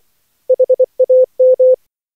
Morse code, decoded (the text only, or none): HAM